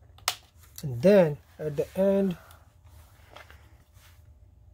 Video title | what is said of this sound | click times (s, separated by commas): How to Replace Lenovo 100e Chromebook 11inch NON-TOUCH LCD Screen Part # 5D10M57333 (30-pin) | make sure these two clicks | 0.2 s, 0.3 s